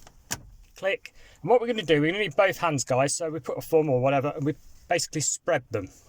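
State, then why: Seated. The second metal horseshoe radio release key is pushed into the slot beside the factory radio/CD player of a Fiat 500 and clicks into place at 0.3 s, locking into the radio chassis. A short, sharp click stands out, followed by someone talking for the rest of the clip.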